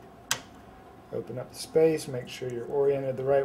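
The plastic retention lever on the side of a motherboard memory slot is pushed open before the next RAM stick goes in, giving a single sharp click at 0.3 s as the latch releases. Someone then talks.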